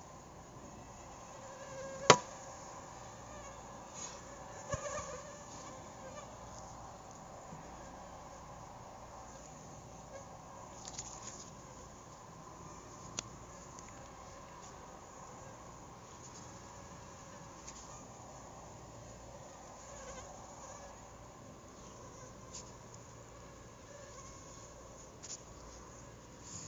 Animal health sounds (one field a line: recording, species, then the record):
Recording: mosquito flight sound by mobile phone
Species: Anopheles gambiae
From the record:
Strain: RSP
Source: CDC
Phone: Google Nexus